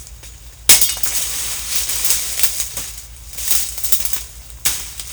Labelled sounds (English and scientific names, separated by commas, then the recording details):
none
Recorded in secondary vegetation near Puerto Asís, Putumayo, Colombia, on 22 December 2024 at 13:30
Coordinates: 0.499, -76.323
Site G010